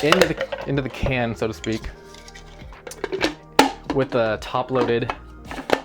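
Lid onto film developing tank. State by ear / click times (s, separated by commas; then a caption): seated / 5.7 s. A plastic lid is pressed onto a film developing tank with the loaded 35mm film reel inside, while someone talks over faint background music. A few light knocks and a sharp tap sound as the lid goes on. It clicks into place at 5.7 s, sealing the tank light-safe.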